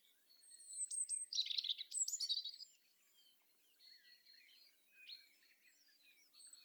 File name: Erithacus rubecula